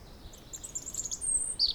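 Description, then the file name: European robin with a rising sequence of high, thin twittering notes, ending in a drawn-out sibilant whistle and a brief sharp note. "Erithacus rubecula"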